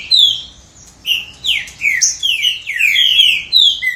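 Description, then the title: Green-winged saltator, a short burst of song: a whistled note, a pause, then a rapid string of downslurred whistles. "Trinca Ferro"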